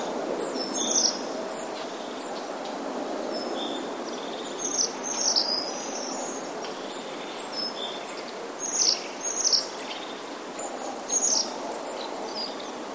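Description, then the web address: Crested Tit calls: sharp, very high thin notes in irregular clusters, some dropping quickly in pitch, against a constant rushing hiss. "wroblowe ptaki czubatki"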